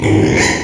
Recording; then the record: squeal of a Yucatan mini pig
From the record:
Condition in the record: before surgery on the right vocal fold (resection and tissue-engineered implant); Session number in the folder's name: 2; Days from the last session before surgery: 0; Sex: male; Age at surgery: 12 weeks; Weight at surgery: 13 kg